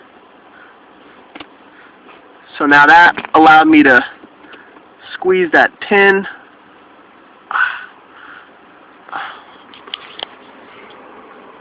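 Someone talks while installing a Maddog short throw shifter on an SRT-4, squeezing a metal retaining clip onto the shifter linkage pin with channel locks. Sharp metallic snaps ring out at 9.9 s and 10.2 s. The clip is still not fully seated.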